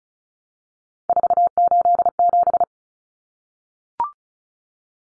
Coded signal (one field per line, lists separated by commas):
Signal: Morse code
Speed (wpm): 34 wpm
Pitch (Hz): 700 Hz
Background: none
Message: 487